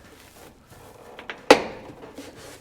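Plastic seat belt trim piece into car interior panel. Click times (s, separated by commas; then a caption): 1.5 s. A plastic seat belt trim piece from an XC, with locating notches on its back, is slid down into a Ford Falcon FG and XC hybrid car interior panel. Two faint taps at 1.2 and 1.3 seconds lead into one sharp, bright click at 1.5 seconds that rings off briefly. The trim clicks into place and is seated.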